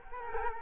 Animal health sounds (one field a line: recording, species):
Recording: mosquito wingbeat signal from an infrared sensor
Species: Culex quinquefasciatus